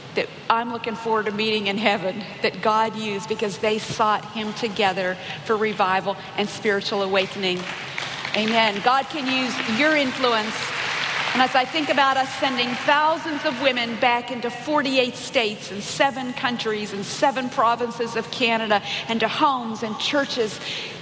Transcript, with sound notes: that I’m looking forward to meeting in heaven that God used because they sought Him together for revival and spiritual awakening. (applause) Amen. God can use your influence. As I think of us sending thousands of women back into forty-eight states and seven countries and seven provinces of Canada and to homes and churches